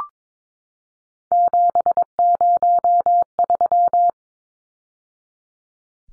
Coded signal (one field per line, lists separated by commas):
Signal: Morse code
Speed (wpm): 22 wpm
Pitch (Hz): 700 Hz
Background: none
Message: 703